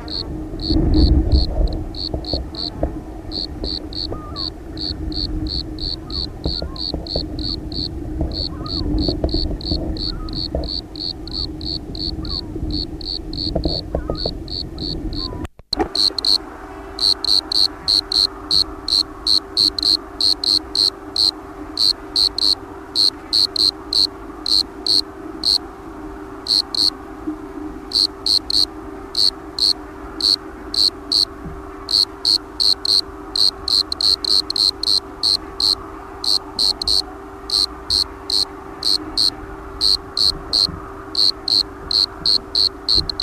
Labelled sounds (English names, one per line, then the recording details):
Bordeaux Cricket stridulation
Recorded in the wild
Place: Brazo de la Torre, ES
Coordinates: 37.0958, -6.18
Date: 1971-03-22
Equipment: Uher Report 4200, AKG D190C in Doppel-Parabolreflektor
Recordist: Krey, Winfried